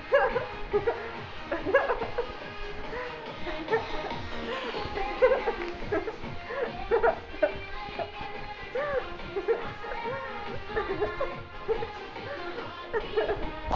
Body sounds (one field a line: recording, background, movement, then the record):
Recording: laughter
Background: music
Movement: walking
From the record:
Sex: female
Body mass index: 18.8 kg/m2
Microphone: on the chest, facing outward